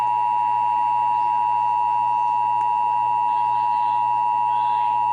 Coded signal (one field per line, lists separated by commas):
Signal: Emergency Alert System (SAME) tones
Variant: 853 and 960 Hz attention tone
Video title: (EAS #460) Severe Thunderstorm Warning (WBAP-AM)